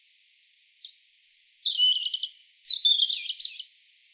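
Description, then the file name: European robin song: a very high thin whistle, a dipping note, then two rippling, trilled phrases with sharp, sweet high notes. "Erithacus rubecula"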